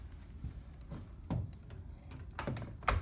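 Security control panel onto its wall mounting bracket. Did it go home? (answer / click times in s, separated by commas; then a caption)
yes / 2.9 s. A plastic security control panel is flipped up and pressed onto its wall-mounting bracket right after its battery is plugged in. A series of light taps and knocks leads to a sharp, loud click at 2.9 seconds as the panel seats in place.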